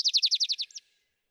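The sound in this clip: Vesper sparrow song fragment: a rapid trill of several quick, high, clipped notes ending in one softer note.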